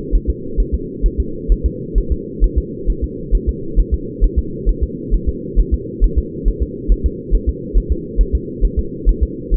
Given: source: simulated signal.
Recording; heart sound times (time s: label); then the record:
fetal heart sounds
0.15 s: S1
0.30 s: S2
0.60 s: S1
0.75 s: S2
1.06 s: S1
1.20 s: S2
1.52 s: S1
1.66 s: S2
1.98 s: S1
2.12 s: S2
2.44 s: S1
2.58 s: S2
2.90 s: S1
3.04 s: S2
3.35 s: S1
3.49 s: S2
3.80 s: S1
3.94 s: S2
4.24 s: S1
4.39 s: S2
4.69 s: S1
4.83 s: S2
5.14 s: S1
5.29 s: S2
5.59 s: S1
5.74 s: S2
6.04 s: S1
6.19 s: S2
6.48 s: S1
6.63 s: S2
6.92 s: S1
7.06 s: S2
7.35 s: S1
7.49 s: S2
7.77 s: S1
7.92 s: S2
8.21 s: S1
8.35 s: S2
8.65 s: S1
8.79 s: S2
9.09 s: S1
9.23 s: S2
9.54 s: S1
From the record:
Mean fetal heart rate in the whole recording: 135 bpm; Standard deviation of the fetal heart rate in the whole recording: 3 bpm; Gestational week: 36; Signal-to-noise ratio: -4.3 dB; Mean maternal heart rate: 72 bpm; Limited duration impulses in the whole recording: absent